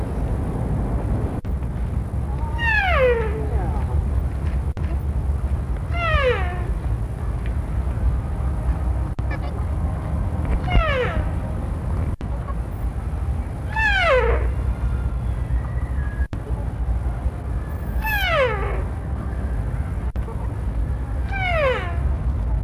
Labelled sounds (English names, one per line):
Barasingha call